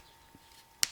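A plastic mixing nozzle is fitted onto a twin-barrel panel adhesive syringe and turned clockwise until it locks. After a quiet lead-in, a single sharp, loud snap sounds at 0.8 s as the nozzle seats onto the syringe.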